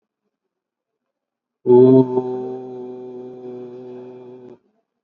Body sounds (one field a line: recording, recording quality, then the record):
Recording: sustained vowel as in boot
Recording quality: excellent, no background noise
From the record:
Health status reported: COVID-19 positive, moderate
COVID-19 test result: positive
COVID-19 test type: RT-PCR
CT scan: taken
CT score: 13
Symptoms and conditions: cough, cold, breathing difficulty, fever, fatigue, muscle pain, another respiratory illness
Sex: male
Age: 51 years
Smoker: no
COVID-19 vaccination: one dose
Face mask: worn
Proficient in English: yes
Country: India